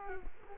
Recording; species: mosquito wingbeat signal from an infrared sensor; Culex quinquefasciatus